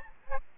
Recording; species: mosquito wingbeat signal from an infrared sensor; Aedes albopictus